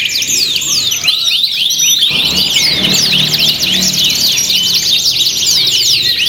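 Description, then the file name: Several canaries singing at once, a steady stream of high sweeping whistles and twittering trills filling the recording. Simulated canary singing contest with filler (isian) tutor songs, from Om Kicau, uploaded October 2013. "audio-simulasi-lomba-kenari-isian 2-omkicau"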